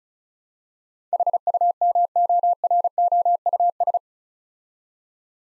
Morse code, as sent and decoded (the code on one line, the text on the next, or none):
.... ..- -- --- .-. --- ..- ...
HUMOROUS